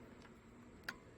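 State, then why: Released. A release button is pressed on the removable battery pack in the battery bay of a PongBot Pace S Pro tennis ball machine. A single sharp click sounds at 0.9 s over a low, steady background hum. The battery pack pops out of its bay, released.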